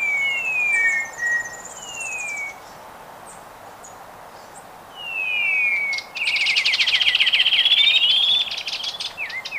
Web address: Natures Songs S America Birds of Ecuador 713 Black-winged Saltator